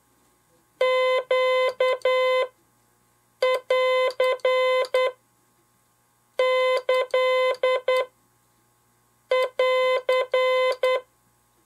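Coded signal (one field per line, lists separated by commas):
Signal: Morse code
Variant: Japanese Wabun code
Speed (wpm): 10 wpm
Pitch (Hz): 510 Hz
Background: none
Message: ネンキン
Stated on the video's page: Japanese wabun Morse code sending practice.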